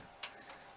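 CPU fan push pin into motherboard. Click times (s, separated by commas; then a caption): 0.2 s. A CPU cooler's push pin is twisted the other way so that it locks into the motherboard, giving a sharp click at 0.2 s and then a fainter tick at about 0.5 s. The pin is locked in place.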